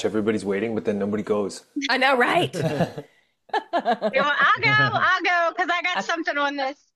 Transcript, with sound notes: Everybody's waiting, but then nobody goes.
I know, right? (laughs)
Well, I'll go. I'll go 'cause I got something on this.